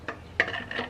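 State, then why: Not seated. A deer shed antler is being set into a display mount, advertised as a wall mount, that has been drilled onto a cut, sanded and polyurethaned oak board for tabletop display. Three hard knocks sound at about 0.1, 0.4 and 0.7 seconds, the one at 0.4 s the loudest and sharpest. The antler has not locked into the mount yet.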